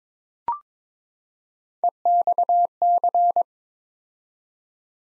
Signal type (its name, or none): Morse code